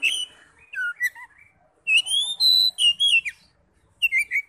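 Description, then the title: Oriental magpie-robin song of loud, varied whistles, some rising and some falling, delivered in several short bursts. "Kacer"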